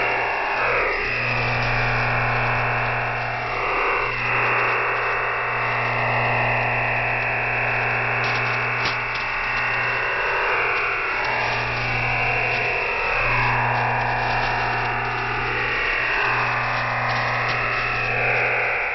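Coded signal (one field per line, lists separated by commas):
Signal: digital SSTV (DRM)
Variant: EasyDRF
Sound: constant dense buzzing hiss with a sharp upper cutoff, steady for the whole clip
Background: radio static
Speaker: The constant buzzing sound of our EasyDRF broadcast begins in 5 seconds.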